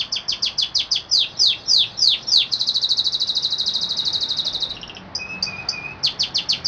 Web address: sounds canary canary-sound